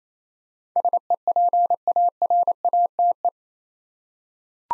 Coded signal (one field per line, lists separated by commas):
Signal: Morse code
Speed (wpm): 27 wpm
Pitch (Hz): 700 Hz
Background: none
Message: SEPARATE